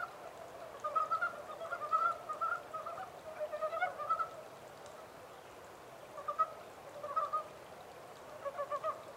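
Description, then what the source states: Japanese mountain brown frog giving clipped, pulsed croaks in short bursts, with a quiet gap midway before the calling resumes. Recorded 14 April 2010 at 03:17.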